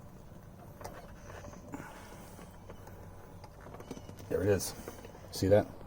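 On a Hummer H2, a new steering wheel control switch is being fitted to replace one with burnt-out lights, and the wiring plug behind it is pushed toward the switch by reaching behind it. Faint handling taps and rustles are heard, and near the end someone talks. Nothing has seated or clicked yet.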